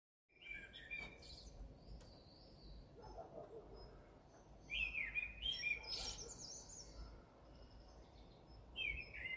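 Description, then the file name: Common blackbird singing short mellow warbles with high thin twittering flourishes, against steady background noise. "Turdus merula"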